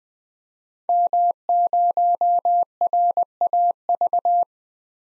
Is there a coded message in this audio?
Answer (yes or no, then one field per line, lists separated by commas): yes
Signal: Morse code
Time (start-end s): 0.9-4.4 s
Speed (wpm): 21 wpm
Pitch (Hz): 700 Hz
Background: none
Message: M0RAV